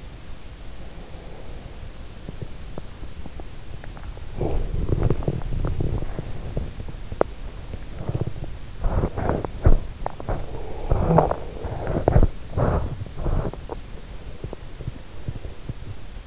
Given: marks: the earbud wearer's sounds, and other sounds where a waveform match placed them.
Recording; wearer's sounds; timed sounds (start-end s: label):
sounds in sleep by an in-ear microphone; breath, body movement, snoring breath
0.42-2.14 s: breath
1.79-16.27 s: body movement
10.56-11.63 s: snoring breath